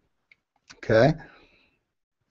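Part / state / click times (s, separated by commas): foot bath electrode module into plastic leg / seated / 0.3 s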